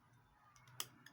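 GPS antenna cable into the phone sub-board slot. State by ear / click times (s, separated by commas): seated / 0.8 s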